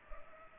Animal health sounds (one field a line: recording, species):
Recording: mosquito wingbeat signal from an infrared sensor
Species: Culex pipiens